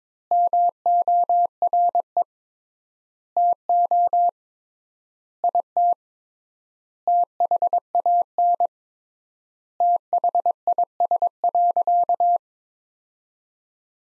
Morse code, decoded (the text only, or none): MORE TO IT THAN THIS.